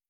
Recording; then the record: hydrophone in a shrimp aquaculture tank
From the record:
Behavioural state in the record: feeding